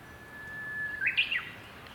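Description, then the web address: Japanese bush warbler song: a long, steady whistled note, then a quick rising, twisting flourish, over faint background hiss. "yubeotsu bird uguisu"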